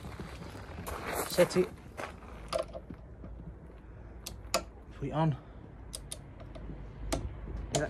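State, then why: Torque reached. Someone talks while a second-hand click-type torque wrench, set to the manual's newton-metre value, tightens brake caliper bolts, with scattered sharp mechanical ticks and creaks throughout. The wrench gives a clear click at 7.8 s as it reaches the set torque, confirming the bolt is tightened to the setting.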